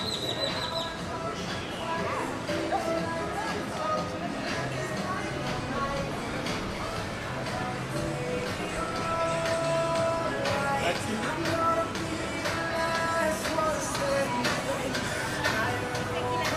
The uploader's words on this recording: In this episode we are taking a stroll down the busy 5th avenue in Playa Del Carmen, Mexico. Walking Down 5th Avenue In Playa Del Carmen.